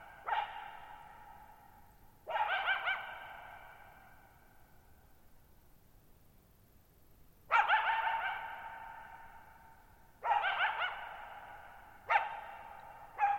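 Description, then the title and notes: Coyote giving harsh barks and short yipping bursts at irregular intervals, every call trailing off into a long, lingering echo. Lone coyote vocalizing at night, July 14, 2019, shallow bowl-shaped meadow, Thirtymile Meadows, Okanogan National Forest, Okanogan High Country, Pacific Northwest, 6400 ft (1950 m), high dry plateau. "Lone Coyote at Thirtymile Meadows. I spent the night of July 14, 2019, camped near Thirtymile Meadows in the Okanogan National Forest at 6400 ft (1950 m)"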